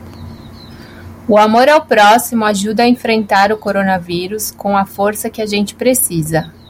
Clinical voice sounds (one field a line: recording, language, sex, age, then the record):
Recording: spoken sentence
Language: Brazilian Portuguese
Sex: female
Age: 30 to 39 years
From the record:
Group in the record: control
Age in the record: 33 years